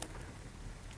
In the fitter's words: and all it's gonna snap into place it's already aligned